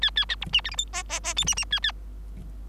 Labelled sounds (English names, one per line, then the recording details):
Bengalese Finch song
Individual Bird3